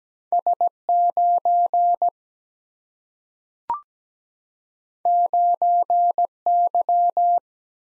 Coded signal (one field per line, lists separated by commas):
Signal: Morse code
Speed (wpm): 17 wpm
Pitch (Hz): 700 Hz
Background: none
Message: S 9 9 Y